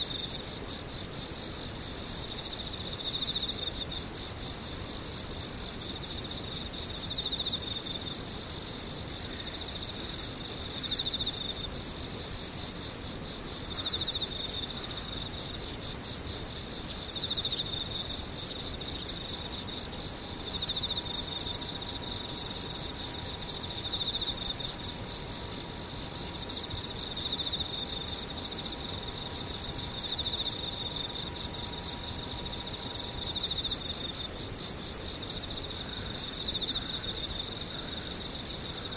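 Insects chirr steadily throughout, a dense, high, bright trill with a faint regular pulse repeating every few seconds. A thin, level tone hums in the background from about 19 to 33 seconds, over a soft low rumble of distant noise.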